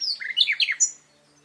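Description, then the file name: Common nightingale giving a short burst of sweet, varied whistled notes that slide down and up, ending abruptly after about a second. "Luscinia megarhynchos"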